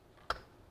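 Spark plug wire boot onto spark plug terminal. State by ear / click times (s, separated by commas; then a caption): seated / 0.3 s. A rubber spark plug wire boot is pushed onto the terminal of a new spark plug, just snugged with a ratchet, on a Troy-Bilt TB6044XP trimmer. A single sharp, positive click is heard at 0.3 s, and the boot is seated on the plug.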